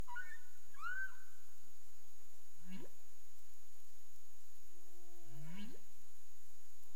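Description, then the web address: Humpback whale sounds: a bright whooping cry, then low grunting upsweeps and a gliding moan rising into a sharp sweep, against a faint steady high hum. Recorded in the Caribbean on 30 April 2035 at 03:35 UTC. "humpback whale 20350430 033531 UTC"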